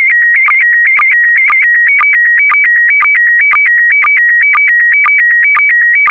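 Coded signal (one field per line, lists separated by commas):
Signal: SSTV (slow-scan television)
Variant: PD120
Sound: warbling beeping tone alternating two pitches, with a short low click every half second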